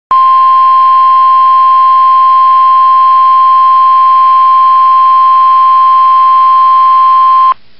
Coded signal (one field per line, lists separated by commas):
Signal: Emergency Alert System (SAME) tones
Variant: 1050 Hz attention tone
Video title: Special Marine Warning | EAS #653